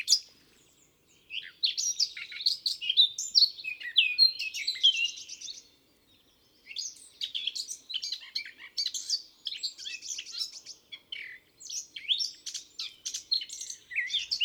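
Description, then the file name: Eurasian blackcap song: bursts of rapid, varied warbling and chattering notes in two long runs separated by a brief pause, high and scratchy with some clearer whistled notes. "Sylvia atricapilla"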